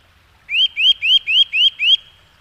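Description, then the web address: Eurasian nuthatch giving a quick series of six clear, rising whistled notes, about four per second, on a quiet background. "agykontroll Madardalok Cd 1. Csuszka"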